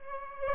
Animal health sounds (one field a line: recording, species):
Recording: mosquito wingbeat signal from an infrared sensor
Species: Aedes aegypti